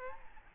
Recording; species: mosquito wingbeat signal from an infrared sensor; Aedes albopictus